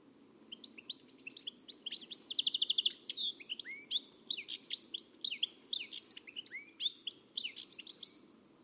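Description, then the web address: Bird calls in a busy, rapid run of chirps, sharp slurred notes and short buzzy trills, building after a quiet start and continuing almost without pause to the end. "Deverinetal. Bird Only"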